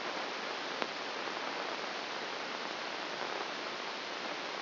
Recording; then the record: brain microelectrode recording played as sound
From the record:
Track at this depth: inside the subthalamic nucleus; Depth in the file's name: 2.004 mm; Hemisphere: left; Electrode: 1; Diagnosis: Parkinson's disease